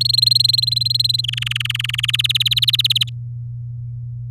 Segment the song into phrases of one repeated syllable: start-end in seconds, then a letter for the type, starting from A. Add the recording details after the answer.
0.00-1.21 A, 1.24-2.06 B, 2.08-3.09 C. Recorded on 8 May 2018 at 10:09. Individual llb16